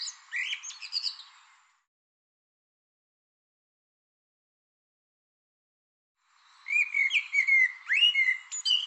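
Bird calls in two separate bouts: a brief scratchy twitter, then after a long silence a busier run of rising and falling chirps.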